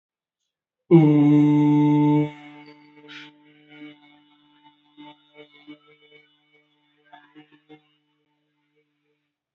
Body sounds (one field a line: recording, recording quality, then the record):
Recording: sustained vowel as in boot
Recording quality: excellent, no background noise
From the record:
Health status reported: healthy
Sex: male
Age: 21 years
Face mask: not worn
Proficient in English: yes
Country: India